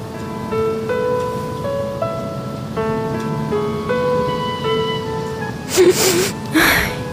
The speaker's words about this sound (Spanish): Amor, ¿estás llorando? Ay, amor, es que estas películas románticas me hacen llorar.